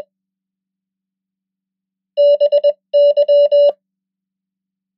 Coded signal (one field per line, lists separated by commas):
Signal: Morse code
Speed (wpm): 21 wpm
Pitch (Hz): 580 Hz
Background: none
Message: BY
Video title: 100 most common English words in Morse Code @20wpm